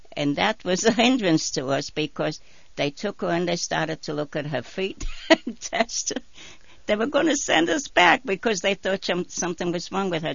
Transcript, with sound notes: and that was a hinderance to us, because they took her and they started to look at her feet and test her. ( she laughs ) They were going to send us back because they thought something was wrong with her.